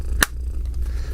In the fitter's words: You can easily put your driver's license and your debit card in here, and watch how this locks into place.